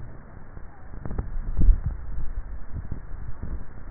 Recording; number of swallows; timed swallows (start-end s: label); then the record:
swallowing sounds by neck microphone; 1
1.52-2.45 s: swallow
From the record:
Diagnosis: dysphagia